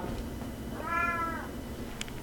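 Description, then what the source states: Domestic cat giving a single clear meow, steady then gently falling at the end, with a faint click afterwards. Recorded in Quebec in 2012; described as a cat conversation.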